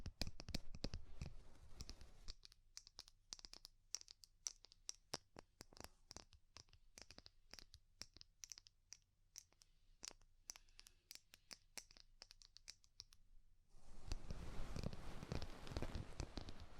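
Ear cleaning with rhinestone and clay removal: a dense run of crisp scratching and scraping opens the clip, then breaks into sharp, bright ticks and clicks over a faint low hum. Around fourteen seconds the thick, rough scratching returns and carries to the end.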